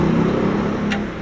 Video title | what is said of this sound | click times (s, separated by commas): SUBARU WRX Pulldown transmission Tips HOW TO CHANGE CLUTCH COMPONENTS Manual Transmission | Yan. Nag-lock na yun. | 0.9 s